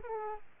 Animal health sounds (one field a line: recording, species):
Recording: mosquito wingbeat signal from an infrared sensor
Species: Aedes aegypti